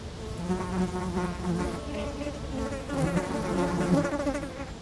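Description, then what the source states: Fly: flies buzz in swelling, rippling drones that rise and fall in pitch, several overlapping, with a soft low rumble behind. Flies feeding on dung, close-up; Chemin de Lombardil, Fenouillet, France, near Blagnac airport; windy day; recorded with Sennheiser MKH8040 ORTF pair and SD MixPre6.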